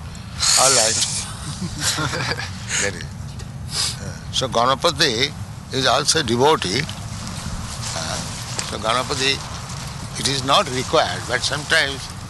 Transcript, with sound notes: All right." That is it. [laughter] So Gaṇapati is also devotee. So Gaṇapati, it is not required, but sometimes